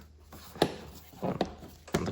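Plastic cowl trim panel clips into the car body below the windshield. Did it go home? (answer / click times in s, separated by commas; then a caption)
yes / 0.6 s, 1.4 s, 1.9 s. The plastic cowl trim panel of an Audi TT Mk1 is lined up over its holes and pressed down evenly around its edge onto the car body below the windshield. Three sharp clicks are heard at 0.6, 1.4 and 2.0 seconds as its clips snap into place, and the panel is seated.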